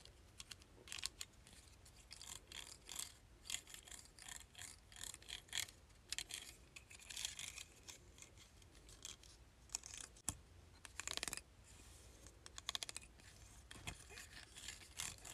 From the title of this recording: ASMR Hair Clip